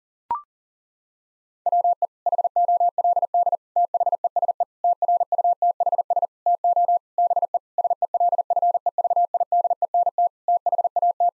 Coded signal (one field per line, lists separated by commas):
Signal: Morse code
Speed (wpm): 37 wpm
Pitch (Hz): 700 Hz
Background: none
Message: WE HOLD THESE TRUTHS TO BE SELFEVIDENT THAT